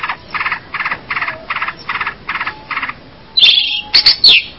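Long-tailed shrike song: a steady row of several buzzy, pulsed notes, then a few sharp high whistles and scratchy squeaks.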